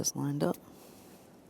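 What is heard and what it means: On a 2015–2020 Ford F-150, the two halves of the left front ABS wheel speed sensor wiring connector are lined up in the driver's side engine compartment, ready to push into the harness connector. Someone talks briefly, then there is only a low, steady background hiss. Nothing has seated or clicked yet.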